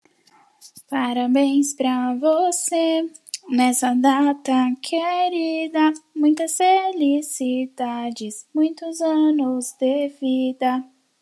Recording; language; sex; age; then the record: short text; Brazilian Portuguese; female; 18 to 19 years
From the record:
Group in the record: control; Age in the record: 18 years